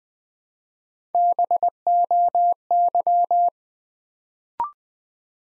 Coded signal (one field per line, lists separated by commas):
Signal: Morse code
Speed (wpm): 20 wpm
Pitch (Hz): 700 Hz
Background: none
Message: BOY